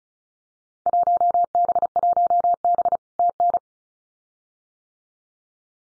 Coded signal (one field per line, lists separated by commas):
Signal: Morse code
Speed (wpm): 36 wpm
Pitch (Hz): 700 Hz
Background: none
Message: 1B1B TN